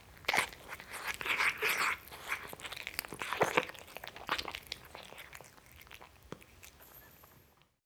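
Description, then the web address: Domestic cat eating noisily, with crunching and chewing sounds in quick irregular bursts that fade toward the end. Cat guzzling greedily. "BBC Sound Effects Library. Cat Guzzling Greedily"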